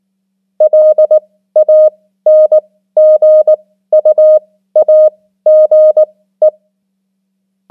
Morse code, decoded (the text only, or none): LANGUAGE